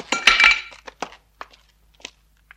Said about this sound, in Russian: Шарапов кидает топор на землю.